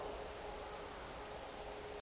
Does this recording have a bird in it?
no